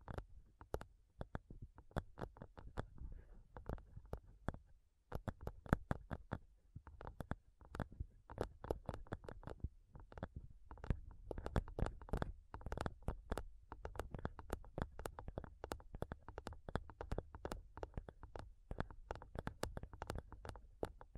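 Fingernails tap rapidly and intensely on a microphone, making a dense stream of sharp clicks with a deep thump under each one. The tapping runs almost without pause, briefly stopping near the five-second mark before resuming in quick, irregular bursts.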